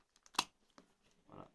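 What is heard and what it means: An LG G4 smartphone is pressed into the hard plastic shell of an Orzly multifunction faux-leather wallet case, with a few light ticks before a sharp, loud click at 0.4 s as it clips in. A smaller tick follows near 0.8 s, then a soft rustle around 1.3–1.5 s. The phone is seated, its back held firmly in the case's frame.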